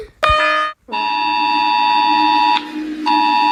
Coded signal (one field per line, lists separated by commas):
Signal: Emergency Alert System (SAME) tones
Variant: 853 and 960 Hz attention tone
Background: speech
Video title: Reacting to EAS sirens